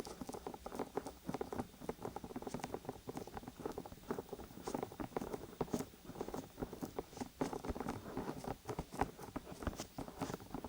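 An ear massage with oil and lotion gives a steady, dense stream of wet, sticky crackles and soft pats. Quick clicks and slaps come several times a second, mostly in the low-to-middle range, with brighter snaps scattered throughout and no speech.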